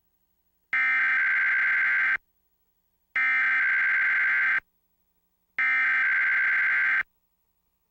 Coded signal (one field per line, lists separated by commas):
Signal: Emergency Alert System (SAME) tones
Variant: header bursts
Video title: Emergency Alert System - RWT for Astoria County, Oregon